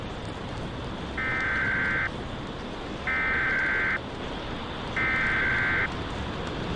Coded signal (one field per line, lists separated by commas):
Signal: Emergency Alert System (SAME) tones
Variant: header bursts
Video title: EAS Mock #1 - 'The Thunderstorm'